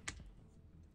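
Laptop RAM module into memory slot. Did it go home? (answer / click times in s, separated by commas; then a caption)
yes / 0.1 s. A second 32 GB DDR5 SO-DIMM RAM stick is inserted label side up into a Framework 16 laptop's memory slot and pressed down. A sharp click at 0.1 s marks it snapping into the slot's retaining clips, followed by a quiet low rumble and a fainter tick at 1.0 s. The stick is seated, and both sticks are in place for 64 GB total.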